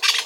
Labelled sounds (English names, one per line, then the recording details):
Brown-throated Parakeet contact call
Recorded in Venezuela
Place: Guárico; Corozopando; Fundo La Fe
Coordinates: 8.506, -67.593